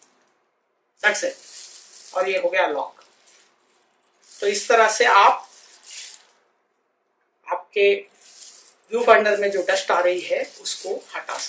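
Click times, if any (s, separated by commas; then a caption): 3.8 s, 4.1 s. After cleaning, a DSLR focusing screen is refitted and its metal retaining frame is pushed back up under the mirror box until it locks into place. Two short, faint clicks at 3.8 s and 4.1 s mark the frame seating. Someone talks before and after.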